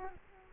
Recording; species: mosquito wingbeat signal from an infrared sensor; Culex quinquefasciatus